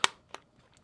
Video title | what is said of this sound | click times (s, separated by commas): HK Army Sonic Loader Review and Shooting - Lone Wolf Paintball | so your nine volt is going to click in there | 0.0 s